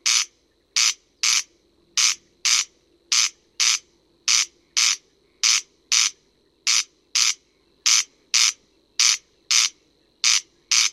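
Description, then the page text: Corn crake calling: dry, rasping double bursts repeated regularly, each pair just over a second apart, with a faint low hum beneath. Playback recording used for breeding-season surveys in France. "Plan National d'Action Râle des genêts"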